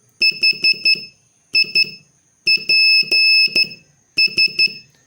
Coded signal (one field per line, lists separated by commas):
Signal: Morse code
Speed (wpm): 12 wpm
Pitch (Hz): 2600 Hz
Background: none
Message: HIPS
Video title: Morse Code Practice Session 8